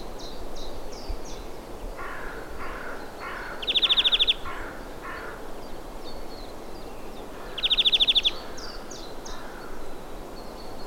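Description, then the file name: European greenfinch giving two rapid buzzing trills about four seconds apart, with softer lower notes and faint high chips between them. "Chloris chloris"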